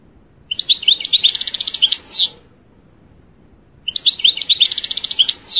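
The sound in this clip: European goldfinch song in two bursts, each a rapid tinkling twitter with a steady buzzy trill in the middle, separated by a short silence.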